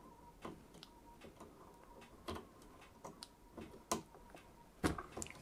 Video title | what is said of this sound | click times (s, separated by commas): How To Install Deepcool Gammaxx AG500 BK ARGB AMD Ryzen AM4 Platform | there we go that's locked into place and then obviously depending on your motherboard or setup | 3.9 s